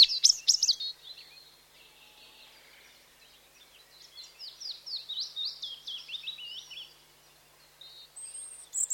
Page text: Robin, spring, summer song, with willow warbler, chiffchaff, another robin, cuckoo, nuthatch and woodpigeon